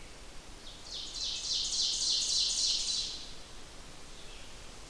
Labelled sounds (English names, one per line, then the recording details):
Ovenbird song
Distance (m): 30 m
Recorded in boreal forest in Alberta, Canada, on 28 June 2016 at 06:06
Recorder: SongMeter 3, array SBT-6-79
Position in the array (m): 271 m, 30 m
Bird 39